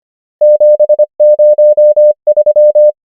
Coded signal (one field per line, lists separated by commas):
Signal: Morse code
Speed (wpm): 25 wpm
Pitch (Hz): 600 Hz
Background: none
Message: 7 0 3